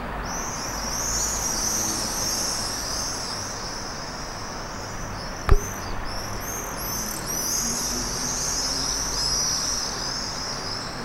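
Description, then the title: Common swifts screaming in a shrill, trilling chorus, bursts coming in waves, with a single sharp knock midway and constant background hum. Several common swifts heard from an apartment in Staré Mesto, Slovakia. "Staré Mesto, Slovenská republika - common swifts"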